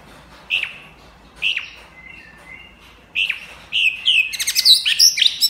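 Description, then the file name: White-rumped shama song: a few separated downslurred whistles and a soft level whistle, followed by a fast, bright jumble of high chattering notes. Champion bird from a singing contest. "suara murai batu juara lomba"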